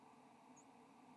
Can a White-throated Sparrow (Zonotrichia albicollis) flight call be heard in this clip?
no